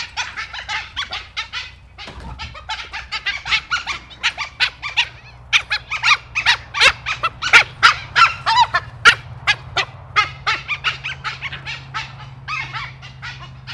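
Dhole excited vocalising: dense run of high squeaky yelps and whistled chirps, growing louder and sharper in the middle, over a faint low hum.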